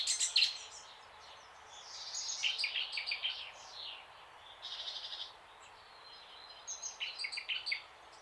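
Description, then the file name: Eurasian blackcap warbling in several short, scratchy bursts with quick high notes, separated by brief pauses. "Sylvia atricapilla"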